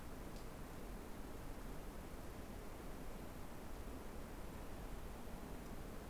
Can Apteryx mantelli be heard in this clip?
no